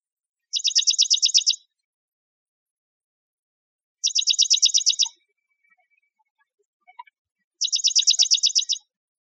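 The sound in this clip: Dark-eyed junco giving three evenly spaced rapid trills of identical chipping notes, each about a second long, with faint soft ticks between them.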